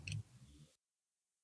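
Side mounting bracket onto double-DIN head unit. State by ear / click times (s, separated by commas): seated / 0.1 s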